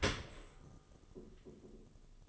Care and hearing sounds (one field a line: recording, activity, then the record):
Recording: daily activity, microphone in the room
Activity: open dishwasher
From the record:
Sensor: 4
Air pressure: 1015.9 hPa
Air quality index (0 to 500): 103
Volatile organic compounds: 2 ppm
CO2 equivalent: 1152 ppm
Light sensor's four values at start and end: 8/19/7/7 and 8/18/7/7